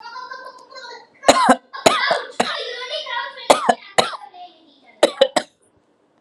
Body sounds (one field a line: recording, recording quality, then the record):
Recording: heavy voluntary cough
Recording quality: excellent, no background noise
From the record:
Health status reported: recovered from COVID-19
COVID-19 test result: positive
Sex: female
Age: 38 years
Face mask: not worn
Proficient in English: yes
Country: India